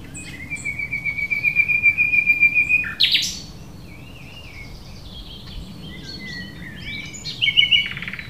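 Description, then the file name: Common nightingale song: a long pulsing whistle held steady then a harsh burst, followed by quieter varied chirps and a final loud rapid buzzy burst. "Luscinia megarhynchos"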